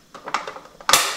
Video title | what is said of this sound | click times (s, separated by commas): Ecovacs DEEBOT T30 Pro OMNI | et bien entendre le clic quand vous le remettez | 0.9 s